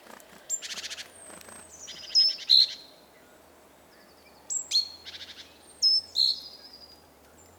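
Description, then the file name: Great tit calls: harsh buzzy churrs mixed with short, sharp, high notes that slur downward, given in loose bursts throughout over a soft, steady background hiss. "Parus major"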